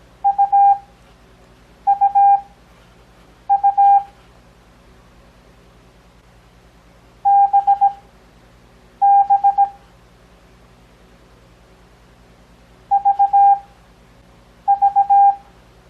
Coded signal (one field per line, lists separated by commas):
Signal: Morse code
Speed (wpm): 17 wpm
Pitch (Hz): 800 Hz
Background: none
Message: UUU BB VV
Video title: Copy Morse Code 2nd Grade